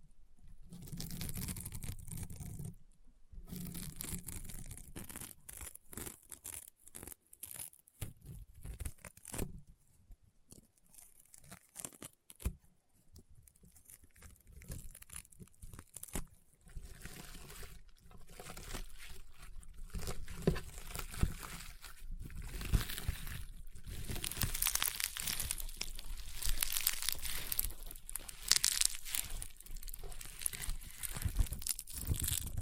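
Rainbow honeycomb slime is squeezed and pressed, giving dense bursts of crunching, crackling and sharp little pops. The texture is irregular, with a quieter stretch around ten to fifteen seconds, then it grows louder and busier, with tearing, crinkly crackles through the final third.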